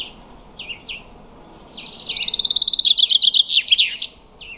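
Common chaffinch song: two short bursts of high notes, then a loud, rapid trill ending in a clipped flourish.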